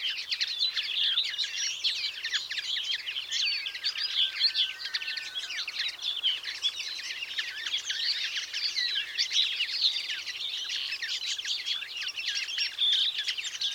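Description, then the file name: European greenfinch twittering, a continuous wash of quick high chirps and trills, steady throughout with a faint drawn whistle early on. "Chloris chloris"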